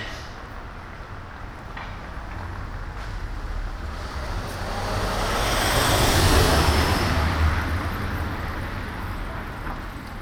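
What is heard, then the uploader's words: City street noise heard on foot, with a steady low traffic rumble throughout. A vehicle swells louder around the middle, peaking near six seconds before fading. There are also faint voices and a few small knocks. A walk through the city - part 3 The Hague. Recordings made with a Zoom H2 with extra SP-TFB-2 binaural microphones during the Queensnight ('Koninginnenach') in The Hague.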